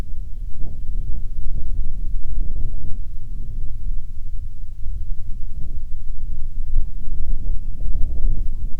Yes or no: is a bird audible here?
yes